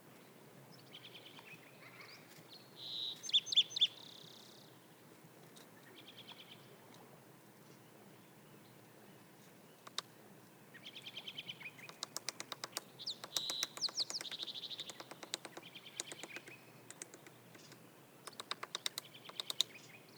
The sounds of a Red-naped Sapsucker drilling sap wells recorded on the Cub Lake Trail in Rocky Mountain National Park.